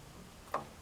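A carburetor screw on a John Deere 316 is turned backwards by hand until its thread drops into the start of the thread in the metal carburetor body, seating before it is driven in. A single small, sharp click is heard at 0.5 s over quiet background.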